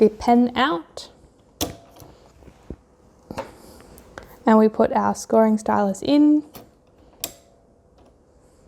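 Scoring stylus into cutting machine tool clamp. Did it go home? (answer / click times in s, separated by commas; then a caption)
yes / 7.2 s. Someone talks while a plastic scoring stylus is pushed into the clamp A holder of a Cricut cutting machine, with a few faint taps and handling noises in between. The stylus seats with a single sharp click at 7.2 s.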